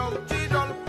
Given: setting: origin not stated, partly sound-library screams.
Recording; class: one-second piece from a danger detection set; normal situation